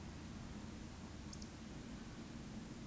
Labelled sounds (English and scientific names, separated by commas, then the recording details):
Eurasian Woodcock (Scolopax rusticola) whistle, Eurasian Woodcock (Scolopax rusticola) croak
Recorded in Baden-Württemberg, Germany, on 14 May 2021 at 19:38 UTC
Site 25175, 602 m above sea level